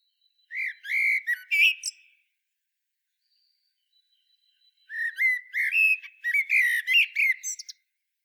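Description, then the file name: Common blackbird singing two phrases, each of mellow whistled notes that end in a squeaky, twittering flourish, with a silent gap of about three seconds between them. "Turdus merula"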